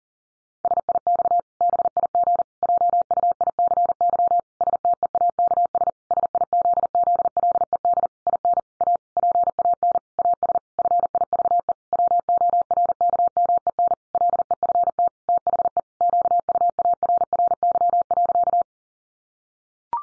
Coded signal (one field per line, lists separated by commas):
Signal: Morse code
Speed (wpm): 37 wpm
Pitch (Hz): 700 Hz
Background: none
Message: SIX BIG JUICY STEAKS SIZZLED IN A PAN AS FIVE WORKMEN LEFT THE QUARRY.